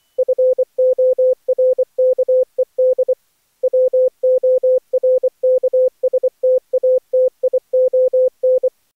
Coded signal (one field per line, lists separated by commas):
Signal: Morse code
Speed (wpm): 20 wpm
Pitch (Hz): 500 Hz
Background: none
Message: FORKED WORKSTATION